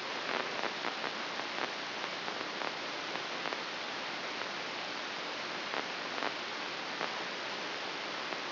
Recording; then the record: brain microelectrode recording played as sound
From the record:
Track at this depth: inside the subthalamic nucleus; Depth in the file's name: 3.228 mm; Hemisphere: left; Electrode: 3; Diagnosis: Parkinson's disease